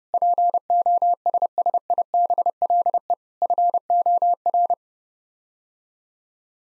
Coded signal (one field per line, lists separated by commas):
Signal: Morse code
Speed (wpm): 30 wpm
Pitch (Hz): 700 Hz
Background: none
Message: POSSIBLE FOR